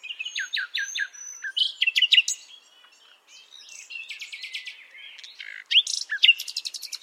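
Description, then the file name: Common nightingale song: evenly spaced repeated notes, a whistle, then rapid rattling series and a sudden loud burst of varied high notes at the end. "Luscinia megarhynchos"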